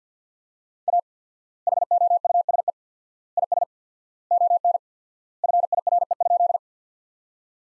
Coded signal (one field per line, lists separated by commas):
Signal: Morse code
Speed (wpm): 49 wpm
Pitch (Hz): 700 Hz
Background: none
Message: A HOUSE IS ON FIRE?